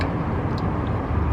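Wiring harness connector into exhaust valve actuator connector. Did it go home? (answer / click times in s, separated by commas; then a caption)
no / none. An aftermarket LCI Motorsports exhaust valve controller wiring harness connector is being pushed onto the mating plastic exhaust valve actuator connector under a BMW M4, which has a gray locking tab on top. A steady low rumble fills the clip, with faint soft handling sounds around 0.6 s and 0.9 s. Nothing has seated or clicked yet.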